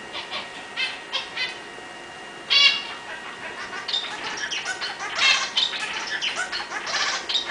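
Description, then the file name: Society finch calls: bursts of harsh, buzzy chattering notes with a few short squeaks, irregular and overlapping, loudest around the middle and end. "suara societyfinch omkicau"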